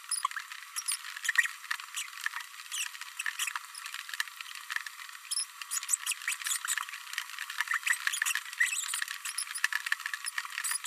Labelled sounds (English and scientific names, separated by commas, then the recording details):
Green-rumped Parrotlet (Forpus passerinus) babbling
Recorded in a nest box in Venezuela
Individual 18B104A3